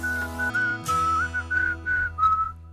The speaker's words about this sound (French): Mais quel magnifique talent de... Oui, je sais très bien siffler. Ah, tu siffles super bien